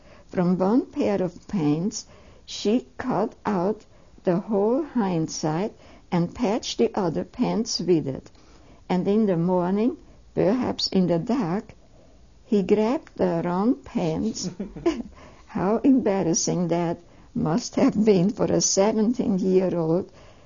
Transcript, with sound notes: From one pair of pants she cut out the whole hindside and patched the other pants with it and in the morning, perhaps in the dark he grabbed the wrong pants (she laughs) how embarrassing that must have been for a seventeen year old,